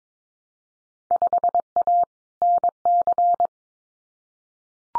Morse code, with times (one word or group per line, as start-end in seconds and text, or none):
1.1-2.0 5A
2.4-3.5 NC